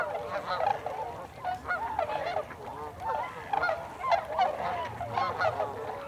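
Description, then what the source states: Tundra swans giving overlapping hooting calls, individual curving notes audible within the group, calling rising and falling in loudness. Tundra swans, 26 December 2020.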